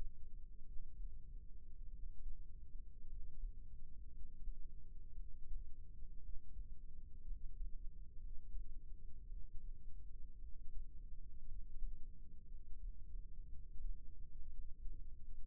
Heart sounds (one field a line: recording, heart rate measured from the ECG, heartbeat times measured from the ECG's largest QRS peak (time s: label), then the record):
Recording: heart sounds by microphone in the left ear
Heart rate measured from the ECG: 56 bpm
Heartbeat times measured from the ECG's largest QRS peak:
0.66 s: heartbeat
1.91 s: heartbeat
3.08 s: heartbeat
4.12 s: heartbeat
5.16 s: heartbeat
6.21 s: heartbeat
7.25 s: heartbeat
8.20 s: heartbeat
9.28 s: heartbeat
10.40 s: heartbeat
11.47 s: heartbeat
12.48 s: heartbeat
13.49 s: heartbeat
14.50 s: heartbeat
From the record:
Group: healthy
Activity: rest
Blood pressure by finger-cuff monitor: 100/65 mmHg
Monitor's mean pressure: 79 mmHg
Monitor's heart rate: 58 bpm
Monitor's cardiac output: 5.2 L/min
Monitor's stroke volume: 91 mL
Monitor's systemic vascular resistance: 1090 dyn s/cm5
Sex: male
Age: 22 years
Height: 181 cm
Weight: 79 kg